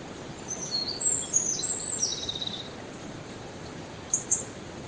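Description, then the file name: Eurasian wren song: a quick, high jumble of twitters and a brief trill in the first half, then hiss, with two short high notes near the end. "Troglodytes troglodytes"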